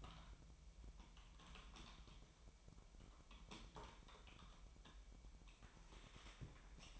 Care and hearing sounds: daily activity, microphone in the room; typing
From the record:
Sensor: 1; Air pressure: 1002.0 hPa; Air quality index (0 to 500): 244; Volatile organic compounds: 49 ppm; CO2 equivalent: 3285 ppm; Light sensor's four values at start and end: 8/29/10/12 and 8/29/10/12

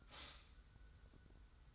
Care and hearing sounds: daily activity, microphone in the room; stop toaster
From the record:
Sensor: 3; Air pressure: 990.7 hPa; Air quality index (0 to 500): 157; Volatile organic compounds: 706 ppm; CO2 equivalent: 5048 ppm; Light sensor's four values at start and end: 36/87/35/33 and 36/87/35/33

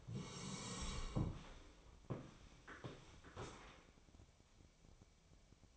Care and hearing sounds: daily activity, microphone in the room; sit down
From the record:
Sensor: 1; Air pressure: 1000.5 hPa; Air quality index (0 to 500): 174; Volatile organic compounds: 4 ppm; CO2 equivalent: 1618 ppm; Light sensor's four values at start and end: 13/31/13/15 and 13/31/13/15

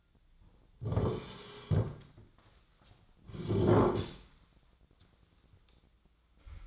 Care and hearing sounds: daily activity, microphone in the room; sit down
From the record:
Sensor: 3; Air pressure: 1009.2 hPa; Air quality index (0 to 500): 182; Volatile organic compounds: 3 ppm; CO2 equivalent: 1476 ppm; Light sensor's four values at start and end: 44/114/50/52 and 45/115/51/52

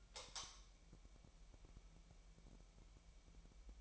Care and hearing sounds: daily activity, microphone in the room; light on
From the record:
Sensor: 1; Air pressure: 1001.9 hPa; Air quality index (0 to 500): 246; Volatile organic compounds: 50 ppm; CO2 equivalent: 3291 ppm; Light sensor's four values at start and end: 5/11/4/5 and 14/43/18/18

